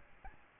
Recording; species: mosquito wingbeat signal from an infrared sensor; Aedes albopictus